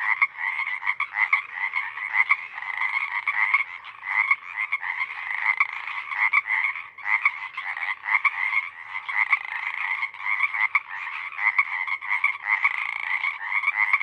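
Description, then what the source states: Pacific Chorus Frog chorus, unbroken for the whole stretch: many grating croaks overlapping in rapid, irregular pulses. Full chorus of a single pod, recorded night of April 21–22, 2019, Sinlahekin Valley; a deafening wall of calls lasting hours until the night air cools.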